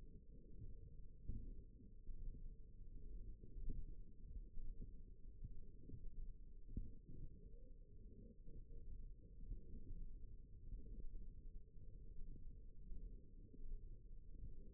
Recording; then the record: forearm muscle sounds (acoustic myography)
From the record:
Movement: radial deviation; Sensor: system 1, eight BSWA MPA416 microphones around the upper forearm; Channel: 2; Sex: female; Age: 21 years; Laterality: right